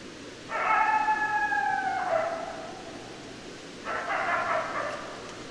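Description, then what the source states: Coyote howls: a long, steady wavering howl with bright harmonics lasting over a second, then a quieter broken yipping burst after a short pause. Recorded 2012-12-10; more than one coyote.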